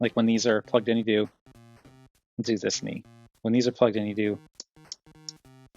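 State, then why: Seated. A plastic knee ratchet joint on a transforming robot figure is bent through three ratchet positions while someone talks. Three short, sharp clicks are heard at 4.6, 4.9 and 5.3 seconds as the joint clicks through three detents and seats.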